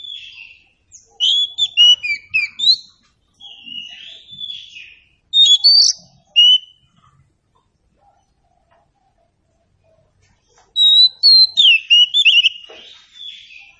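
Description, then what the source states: Oriental Magpie-Robin singing in several separate bursts of sweet whistles, sharp chips and quick twittering phrases, with a long silent pause before the last. Meant to prompt a bird to sing in reply.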